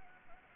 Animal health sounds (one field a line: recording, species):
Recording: mosquito wingbeat signal from an infrared sensor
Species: Anopheles gambiae